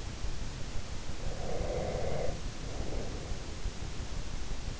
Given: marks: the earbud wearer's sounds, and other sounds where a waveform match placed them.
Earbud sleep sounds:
sounds in sleep by an in-ear microphone; breath
1.08-3.34 s: breath

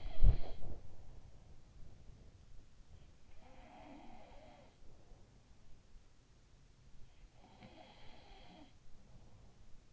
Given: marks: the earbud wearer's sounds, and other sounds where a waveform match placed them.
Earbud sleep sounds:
sounds in sleep by an in-ear microphone; body movement
0.00-0.94 s: body movement
3.09-6.02 s: sound from someone else or the room
7.01-9.71 s: sound from someone else or the room

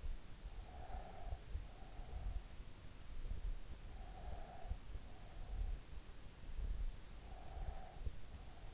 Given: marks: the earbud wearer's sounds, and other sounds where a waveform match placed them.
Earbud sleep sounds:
sounds in sleep by an in-ear microphone; breath
0.79-2.72 s: breath
3.76-5.52 s: breath
7.10-8.74 s: breath

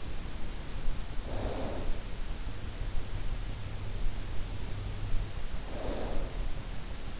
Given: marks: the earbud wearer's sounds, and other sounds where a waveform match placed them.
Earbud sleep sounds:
sounds in sleep by an in-ear microphone; snoring breath
1.29-2.18 s: snoring breath
5.64-6.27 s: snoring breath

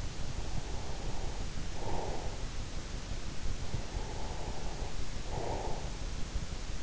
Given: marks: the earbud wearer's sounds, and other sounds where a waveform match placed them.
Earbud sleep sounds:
sounds in sleep by an in-ear microphone; breath
0.00-2.53 s: breath
3.44-6.10 s: breath

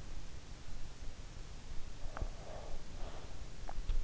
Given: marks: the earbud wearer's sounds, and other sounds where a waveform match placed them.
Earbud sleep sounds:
sounds in sleep by an in-ear microphone; breath
2.12-4.03 s: breath

